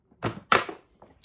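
The plastic filter compartment door of a Sebo E3 Premium Boost 1200W upright vacuum cleaner is put back onto the body and pressed shut. A brief contact sound comes at 0.3 s, then one loud snap at 0.5 s as the door seats, followed by a few faint taps. The door snaps shut and is seated.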